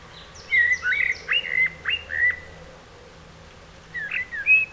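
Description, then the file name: Common blackbird song: a run of fluty whistled notes with faint thin twitters above, a pause, then a short second phrase near the end. "Turdus merula"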